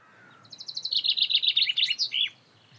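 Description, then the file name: Common chaffinch song: a fast series of bright descending notes that ends in a short flourish, lasting under two seconds, with a quiet background. "Fringilla coelebs"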